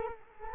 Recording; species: mosquito wingbeat signal from an infrared sensor; Culex quinquefasciatus